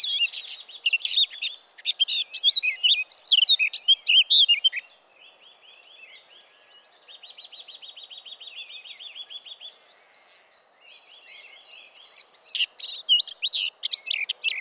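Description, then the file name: Eurasian blackcap song: rich, fast warbling for several seconds, then a softer, even trill of repeated buzzy notes, and another energetic warbled phrase at the end. "Sylvia atricapilla"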